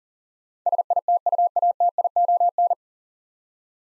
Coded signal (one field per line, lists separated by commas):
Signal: Morse code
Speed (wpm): 40 wpm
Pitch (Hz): 700 Hz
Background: none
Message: SITUATION